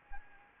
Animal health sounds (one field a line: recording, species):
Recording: mosquito wingbeat signal from an infrared sensor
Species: Anopheles arabiensis